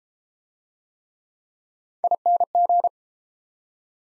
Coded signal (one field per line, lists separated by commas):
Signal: Morse code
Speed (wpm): 32 wpm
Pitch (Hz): 700 Hz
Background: none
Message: ING